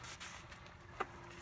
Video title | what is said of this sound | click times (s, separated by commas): BMW E70 X5 Front Brake Rotor Pad Sensor And Service Light Reset DIY | it snaps right into place just like that | 1.0 s